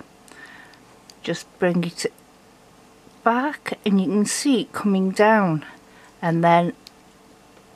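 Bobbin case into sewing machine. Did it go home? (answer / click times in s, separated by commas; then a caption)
no / none. A threaded bobbin case is handled at a sewing machine's bobbin area while someone talks, with a few faint small ticks early on. The bobbin case has not yet been pushed home, so nothing has clicked into place yet.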